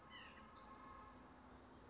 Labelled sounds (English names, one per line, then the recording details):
White-breasted Nuthatch
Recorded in Sonoma County, California